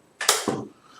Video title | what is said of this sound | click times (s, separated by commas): Day-3, Folding Machine Stitch Adjustment, oiling, Minor Repairs Basic Information | ఆ sound వచ్చింది ఇలా చూసుకోవాలి. ఆ సౌండ్ వస్తే అది లాక్ అయినట్టు. | 0.3 s